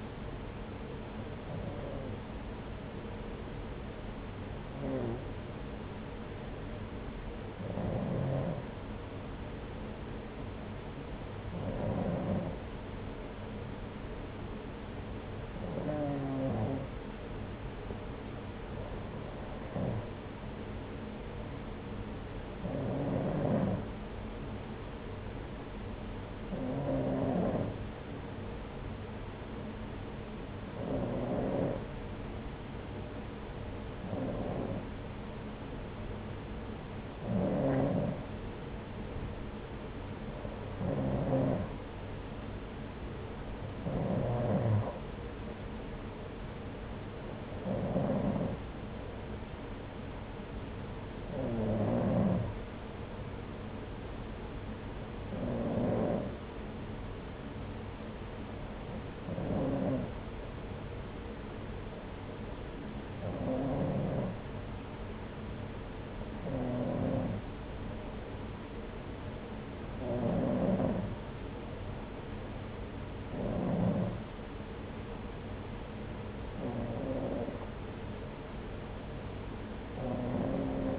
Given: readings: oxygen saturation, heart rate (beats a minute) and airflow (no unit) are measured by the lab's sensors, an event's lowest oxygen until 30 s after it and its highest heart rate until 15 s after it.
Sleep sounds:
breathing in sleep by a voice recorder at the bedside; 1
3.00-40.40 s: hypopnea (N2, oxygen 95% highest, then 92% lowest, heart rate 73 at the start, 80 highest)
From the record:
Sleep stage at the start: N2 (light sleep); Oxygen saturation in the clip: 92 to 95%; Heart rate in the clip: 69 to 80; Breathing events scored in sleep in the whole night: 303 in 8.1 hours asleep

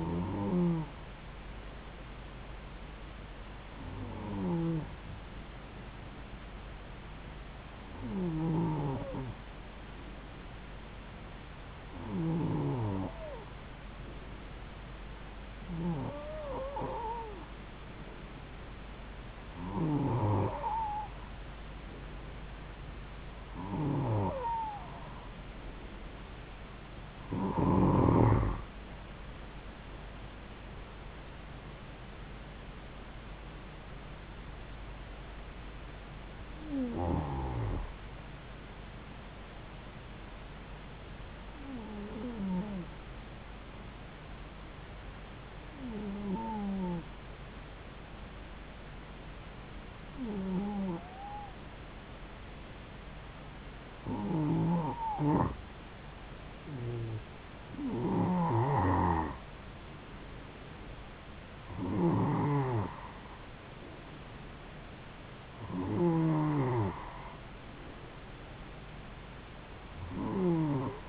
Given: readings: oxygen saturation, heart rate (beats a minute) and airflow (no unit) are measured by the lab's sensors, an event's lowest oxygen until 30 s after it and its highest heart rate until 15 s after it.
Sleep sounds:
breathing in sleep by a voice recorder at the bedside; 2
3.00-21.20 s: hypopnea (N2, oxygen 94% highest, then 91% lowest, heart rate 71 at the start, 76 highest)
45.00-57.30 s: hypopnea (N2, oxygen 94% highest, then 91% lowest, heart rate 69 at the start, 76 highest)
From the record:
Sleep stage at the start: N2 (light sleep); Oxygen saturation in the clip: 91 to 94%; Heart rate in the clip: 69 to 76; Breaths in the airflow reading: 17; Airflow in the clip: -3.7 to 5.3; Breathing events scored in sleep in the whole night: 270 in 6.1 hours asleep

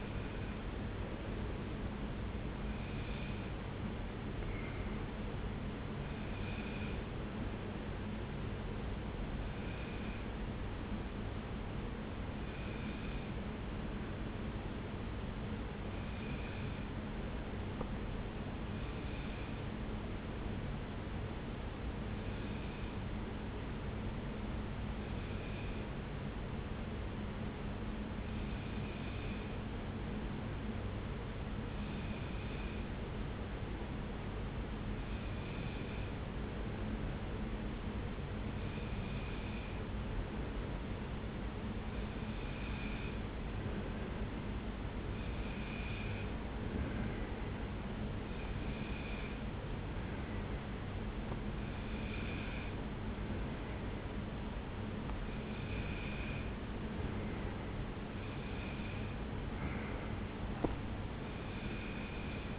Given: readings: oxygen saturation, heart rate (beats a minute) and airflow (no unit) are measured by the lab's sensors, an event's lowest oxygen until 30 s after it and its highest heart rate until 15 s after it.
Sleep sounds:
breathing in sleep by a voice recorder at the bedside; 1
11.00-62.58 s: new sleep stage, N2 (light sleep)
13.00-38.60 s: hypopnea (N2, oxygen 96% highest, then 93% lowest)
From the record:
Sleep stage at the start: N1 (lightest sleep); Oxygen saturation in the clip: 92 to 96%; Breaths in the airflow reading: 19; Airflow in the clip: -1.5 to 1.5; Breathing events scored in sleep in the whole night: 335 in 6.7 hours asleep

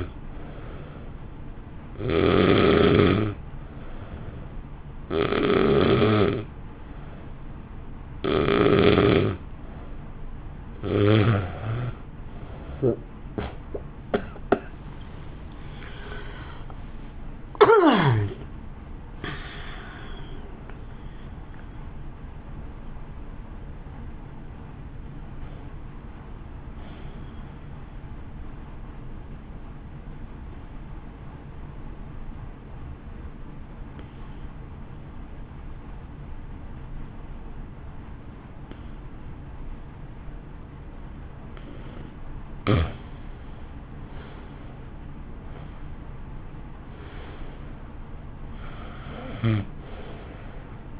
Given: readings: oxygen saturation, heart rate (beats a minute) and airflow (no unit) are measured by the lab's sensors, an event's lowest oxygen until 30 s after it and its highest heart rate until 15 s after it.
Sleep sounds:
breathing in sleep by a smartphone at the bedside; 2
4.00-13.80 s: hypopnea (N2, oxygen 91% highest, then 89% lowest, heart rate 57 at the start, 69 highest)
16.00-46.00 s: new sleep stage, N1 (lightest sleep)
29.00-42.60 s: obstructive apnea (N1, oxygen 90% highest, then 87% lowest, heart rate 58 at the start, 61 highest)
46.00-51.00 s: new sleep stage, N2 (light sleep)
From the record:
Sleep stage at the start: N2 (light sleep); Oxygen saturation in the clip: 89 to 95%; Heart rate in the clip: 50 to 69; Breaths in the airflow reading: 11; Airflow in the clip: -1.3 to 2.0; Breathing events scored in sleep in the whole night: 328 in 6.3 hours asleep

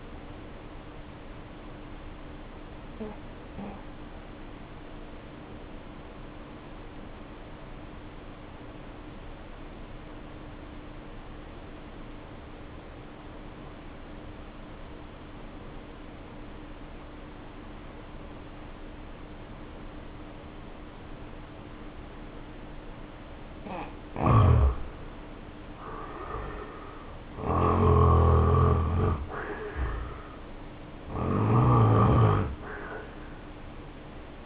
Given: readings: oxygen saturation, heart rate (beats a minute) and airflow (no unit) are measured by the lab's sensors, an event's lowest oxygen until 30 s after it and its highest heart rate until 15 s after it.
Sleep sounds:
breathing in sleep by a voice recorder at the bedside; 1
0.00-10.00 s: awake
10.00-25.60 s: obstructive apnea (N1, oxygen 94% highest, then 66% lowest, heart rate 65 at the start, 74 highest)
From the record:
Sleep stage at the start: N1 (lightest sleep); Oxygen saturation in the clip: 70 to 94%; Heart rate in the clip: 62 to 74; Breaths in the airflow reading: 3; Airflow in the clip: -4.8 to 6.5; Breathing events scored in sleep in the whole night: 520 in 7.2 hours asleep

